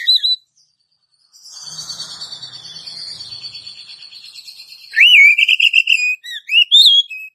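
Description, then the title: Oriental magpie-robin song: a short whistle, a stretch of soft buzzy chatter, then a loud whistled trill with rising notes. "Kacer"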